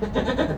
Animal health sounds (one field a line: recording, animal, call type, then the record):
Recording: contact call of a hoofed animal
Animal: goat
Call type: low-frequency (closed-mouth) or high-frequency (open-mouth) call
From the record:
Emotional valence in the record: positive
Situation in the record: food anticipation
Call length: 0.58 s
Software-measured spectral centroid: 1380 Hz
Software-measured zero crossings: 1160 a second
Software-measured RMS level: -24 dBFS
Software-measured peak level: -9 dBFS